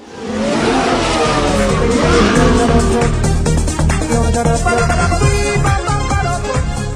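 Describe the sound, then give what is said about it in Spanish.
A powerful luxury car engine roars loudly as the car approaches a random Guardia Civil checkpoint, its pitch climbing before easing into a steady, throaty rumble as the car slows and pulls over, with a hint of tire noise near the end. “Por ahí viene la típica niña de papá con su coche de lujo.”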